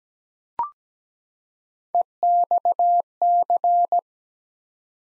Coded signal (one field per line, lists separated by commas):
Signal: Morse code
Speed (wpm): 17 wpm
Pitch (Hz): 700 Hz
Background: none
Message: EXC